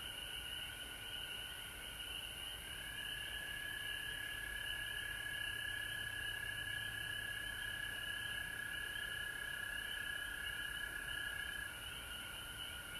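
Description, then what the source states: Frogs in a thick, unbroken chorus: a sustained high buzz of layered tones with scattered upslurred peeps, continuing throughout. Recorded at home in Georgia on March 19, 2020.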